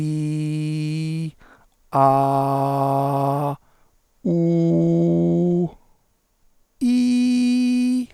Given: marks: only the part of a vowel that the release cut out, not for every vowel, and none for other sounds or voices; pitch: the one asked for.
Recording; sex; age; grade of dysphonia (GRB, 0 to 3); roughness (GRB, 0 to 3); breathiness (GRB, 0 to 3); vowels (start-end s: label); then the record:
sustained vowels; male; 40 to 49 years; 2; 2; 2
0.00-1.20 s: vowel /i/, normal pitch
2.07-3.45 s: vowel /a/, normal pitch
4.33-5.61 s: vowel /u/, normal pitch
7.44-7.96 s: vowel /i/, high pitch
From the record:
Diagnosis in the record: papilloma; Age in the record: 44 years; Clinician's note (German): Zustand nach Abtragung, postoperativer phonatorischer Stillstand rechts